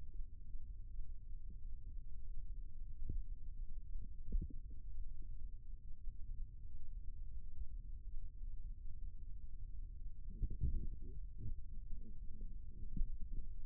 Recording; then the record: forearm muscle sounds (acoustic myography)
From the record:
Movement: rest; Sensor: system 2, bracelet of six BSWA MPA416 microphones around the upper forearm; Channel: 3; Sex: male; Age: 22 years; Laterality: right